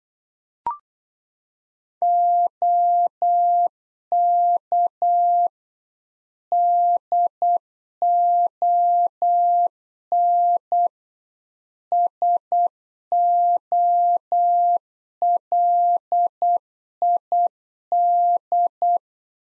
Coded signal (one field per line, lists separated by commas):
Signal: Morse code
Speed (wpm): 8 wpm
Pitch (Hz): 700 Hz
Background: none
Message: OK DON SOLID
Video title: Practice QSO - Exchange 3- More Info - 8wpm